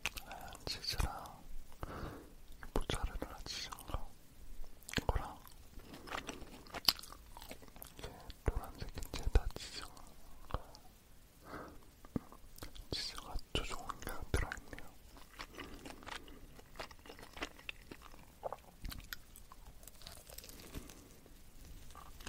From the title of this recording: crunch hot dog eating sound whispering